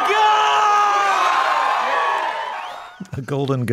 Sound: cheering

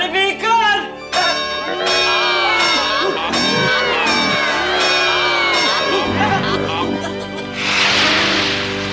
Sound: soundbite of bell ringing

